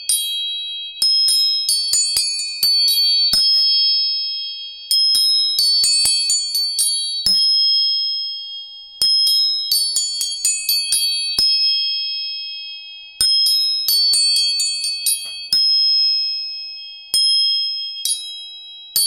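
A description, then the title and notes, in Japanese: Tuning forks are struck in quick flurries of light metallic taps, each burst followed by a bright, pure ringing tone that slowly fades. The bursts come roughly every four seconds, with several high tones sustaining together over a quiet background. 音叉チューニング全体性。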